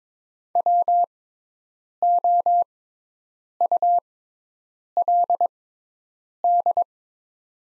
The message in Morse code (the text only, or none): WOULD